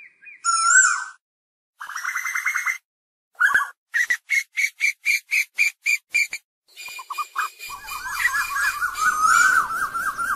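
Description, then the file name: Asian koel calls: whistled notes, then an evenly spaced series of sharp clipped notes, ending in a rapid warbling, rising-falling string of whistles. Calling the flock. "Tieng chim tu hu goi bay"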